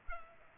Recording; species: mosquito wingbeat signal from an infrared sensor; Culex pipiens